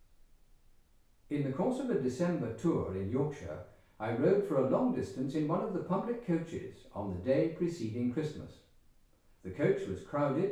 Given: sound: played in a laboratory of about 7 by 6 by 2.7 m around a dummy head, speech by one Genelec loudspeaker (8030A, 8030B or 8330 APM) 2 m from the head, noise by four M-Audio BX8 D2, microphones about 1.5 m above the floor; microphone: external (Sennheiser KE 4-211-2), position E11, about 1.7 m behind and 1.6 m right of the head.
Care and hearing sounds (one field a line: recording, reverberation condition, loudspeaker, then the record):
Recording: male speech in English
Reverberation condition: medium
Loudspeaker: 90 degrees to the right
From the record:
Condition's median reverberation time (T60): about 510 ms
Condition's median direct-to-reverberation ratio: about -0.5 dB